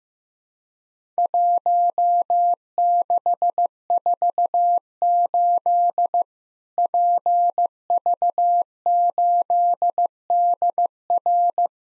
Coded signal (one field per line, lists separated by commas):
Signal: Morse code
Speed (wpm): 15 wpm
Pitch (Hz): 700 Hz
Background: none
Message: 1648 PV8DR